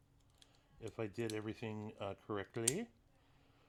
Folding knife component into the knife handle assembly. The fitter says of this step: so this should snap into place now